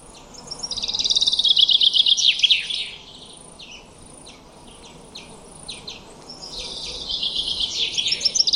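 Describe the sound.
Common chaffinch song: a loud, quick, slightly descending trilled phrase near the start, scattered soft chirps, then another phrase building toward the end.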